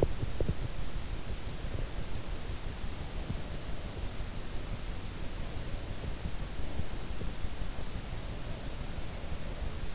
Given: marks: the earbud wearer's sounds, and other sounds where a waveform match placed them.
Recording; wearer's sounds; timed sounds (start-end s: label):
sounds in sleep by an in-ear microphone; teeth grinding
0.00-0.80 s: teeth grinding